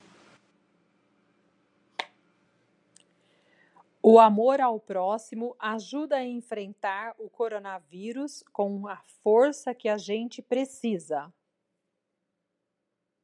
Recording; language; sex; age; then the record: spoken sentence; Brazilian Portuguese; female; 50 to 59 years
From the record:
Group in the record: control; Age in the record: 54 years